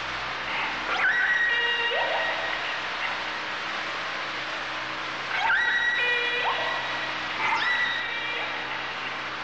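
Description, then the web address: Orca calls: rising and falling whistled, harmonic squeals in three bouts over steady background noise. "kasatka"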